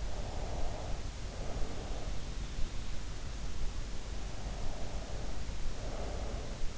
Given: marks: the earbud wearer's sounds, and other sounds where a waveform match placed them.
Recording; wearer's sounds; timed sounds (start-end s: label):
sounds in sleep by an in-ear microphone; breath
0.12-2.10 s: breath
4.60-6.78 s: breath